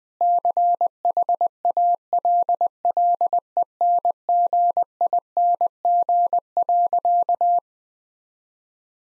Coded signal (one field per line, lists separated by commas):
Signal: Morse code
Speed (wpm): 21 wpm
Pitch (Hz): 700 Hz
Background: none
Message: CHALLENGING.